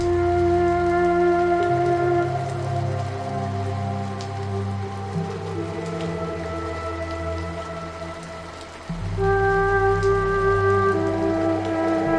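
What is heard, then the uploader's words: Light rain falls steadily as a soft, even hiss, with faint scattered drops ticking through it. Over it plays slow, calm music: sustained low tones and long held melody notes that shift gently, dipping briefly near nine seconds before a new chord swells back in. Light Rain Sounds, Peaceful Raindrops & Deeply Relaxing Music. The gentle, rhythmic sounds of rainfall and relaxing music.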